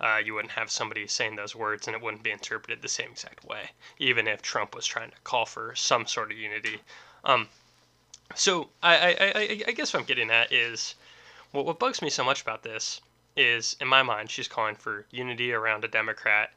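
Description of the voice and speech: A low-pitched adult man who stutters and stammers speaks conversationally, mostly fluently, then repeats "I" six times in rapid succession with hard glottal onsets, and also doubles "what" amid filled pauses. These whole-word repetitions are typical of stuttering.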